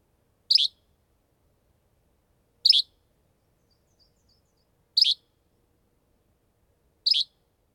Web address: Songs of Birds of North America Know Your Bird Sounds Common Western Species. Yellow-Bellied Flycatcher